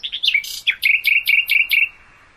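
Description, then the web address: Common nightingale song phrase: a brief harsh flourish followed by five evenly spaced, bright repeated notes, then silence. "hoeren nachtigall"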